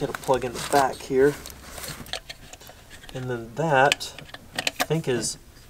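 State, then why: Not seated. Someone talks while handling a plastic electrical plug at a small sensor at the back of a diesel truck engine, with a few brief, quiet handling taps around 2.1 to 2.5 seconds. The connector has not seated or clicked yet.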